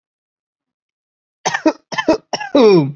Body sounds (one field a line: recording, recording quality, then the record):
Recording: heavy voluntary cough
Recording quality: excellent, no background noise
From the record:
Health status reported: COVID-19 positive, no symptoms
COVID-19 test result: positive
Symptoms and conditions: none ticked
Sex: male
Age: 23 years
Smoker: not ticked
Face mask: not worn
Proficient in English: yes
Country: India